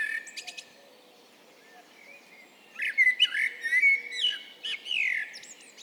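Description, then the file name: Eurasian blackbird delivering a brief soft phrase, then after a pause a rich, varied warble mixing low flute-like notes with high sharp squeaks. "Turdus merula"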